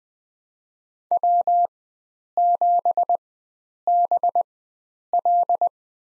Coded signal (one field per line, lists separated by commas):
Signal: Morse code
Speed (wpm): 20 wpm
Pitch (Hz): 700 Hz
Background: none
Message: W7BL